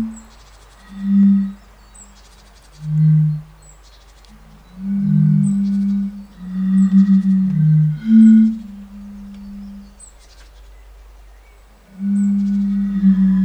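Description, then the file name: European fire-bellied toads calling in a chorus of low, musical hoots, short notes and sustained tones alternating between two pitches, with quiet gaps between bursts. "henrik olsson anders dahl bombina bombina"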